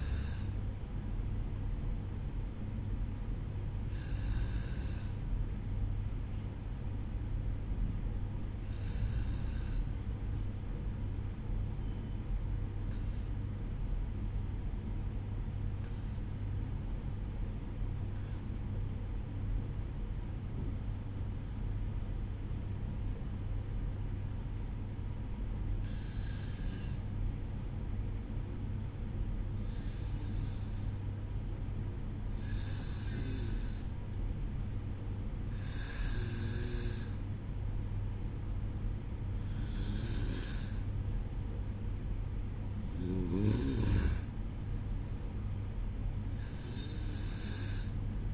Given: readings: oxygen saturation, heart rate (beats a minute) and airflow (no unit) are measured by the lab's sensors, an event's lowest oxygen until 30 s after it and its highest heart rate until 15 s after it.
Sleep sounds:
breathing in sleep by a smartphone at the bedside; 1
11.00-26.30 s: obstructive apnea (N1, oxygen 96% highest, then 93% lowest, heart rate 53 at the start, 57 highest)
From the record:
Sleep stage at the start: N1 (lightest sleep); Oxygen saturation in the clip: 91 to 96%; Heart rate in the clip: 53 to 57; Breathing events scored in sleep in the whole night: 305 in 9.6 hours asleep

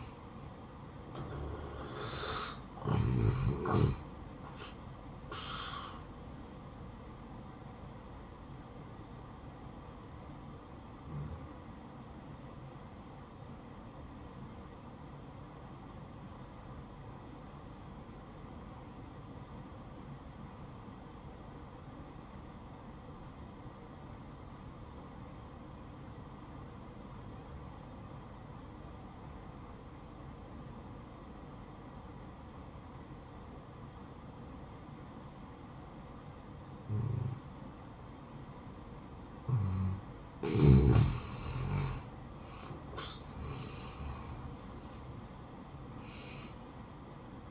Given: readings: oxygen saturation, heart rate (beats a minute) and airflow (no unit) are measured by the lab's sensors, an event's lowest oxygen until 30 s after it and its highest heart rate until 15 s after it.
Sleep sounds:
breathing in sleep by a smartphone at the bedside; 1
4.00-47.51 s: new sleep stage, N1 (lightest sleep)
9.00-42.40 s: obstructive apnea (N1, oxygen 95% highest, then 86% lowest, heart rate 68 at the start, 72 highest)
From the record:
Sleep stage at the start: N2 (light sleep); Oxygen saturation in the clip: 85 to 95%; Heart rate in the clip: 60 to 73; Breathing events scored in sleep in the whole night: 573 in 9.8 hours asleep

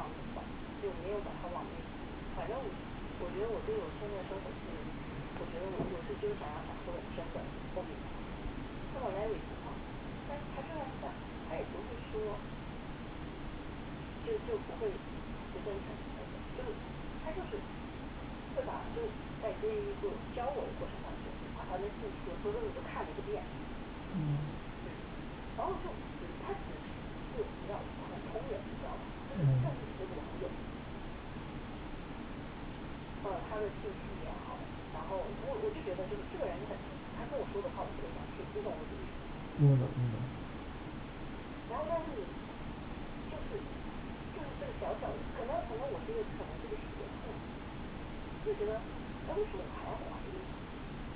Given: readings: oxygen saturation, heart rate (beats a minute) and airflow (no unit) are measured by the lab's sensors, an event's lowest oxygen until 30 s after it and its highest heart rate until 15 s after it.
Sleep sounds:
a person awake in a sleep study, by a voice recorder at the bedside; none
0.00-51.16 s: awake
From the record:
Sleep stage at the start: awake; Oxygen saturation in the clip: 94 to 97%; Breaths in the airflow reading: 18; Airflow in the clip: -8.1 to 8.9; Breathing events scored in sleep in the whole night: 216 in 7.0 hours asleep

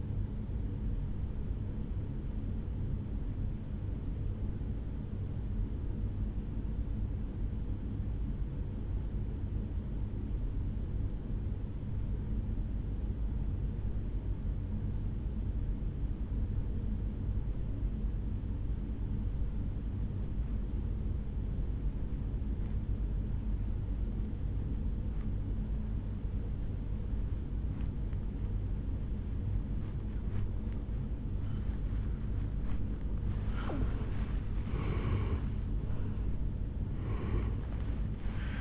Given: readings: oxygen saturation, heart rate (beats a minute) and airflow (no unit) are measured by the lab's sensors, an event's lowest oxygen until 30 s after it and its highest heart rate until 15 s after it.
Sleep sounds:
breathing in sleep by a smartphone at the bedside; 1
3.00-34.30 s: obstructive apnea (N2, oxygen 97% highest, then 81% lowest, heart rate 53 at the start, 77 highest)
28.00-38.61 s: new sleep stage, N1 (lightest sleep)
From the record:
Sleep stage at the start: N2 (light sleep); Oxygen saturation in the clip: 82 to 97%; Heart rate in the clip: 52 to 74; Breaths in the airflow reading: 3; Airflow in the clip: -12.6 to 7.4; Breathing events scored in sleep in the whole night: 449 in 7.0 hours asleep

